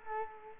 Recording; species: mosquito wingbeat signal from an infrared sensor; Culex quinquefasciatus